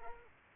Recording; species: mosquito wingbeat signal from an infrared sensor; Aedes aegypti